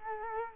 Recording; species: mosquito wingbeat signal from an infrared sensor; Culex quinquefasciatus